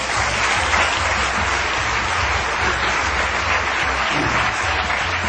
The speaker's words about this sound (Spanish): Gente como Marta Reyero, periodista de la cadena 4, que presenta los informativos muy seria hasta el día de hoy. Un aplauso para ella.